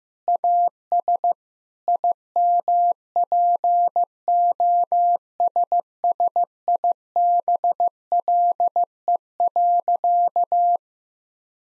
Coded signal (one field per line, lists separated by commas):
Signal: Morse code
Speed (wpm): 15 wpm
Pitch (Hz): 700 Hz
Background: none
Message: AS IMPOSSIBLE.